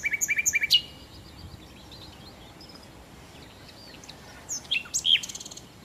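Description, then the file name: Common nightingale song opening with several loud, evenly spaced repeated notes, then a quiet gap before a fast rattling phrase of high chirps. "Nachtigall"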